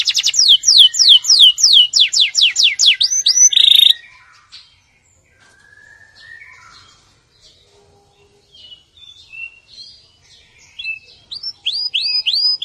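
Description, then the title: Canary song opening with quick repeated downward-sweeping whistles and a short trill, followed by soft scattered twitters and rising slurred notes near the end. "Kenari"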